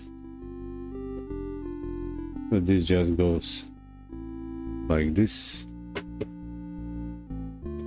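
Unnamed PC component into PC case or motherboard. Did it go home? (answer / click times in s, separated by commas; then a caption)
yes / 6.2 s. While a PC is prepped for final assembly, an unnamed component is pushed into the PC case or motherboard over steady background music, and someone talks. A short sharp click at 6.2 seconds marks the part seating in place.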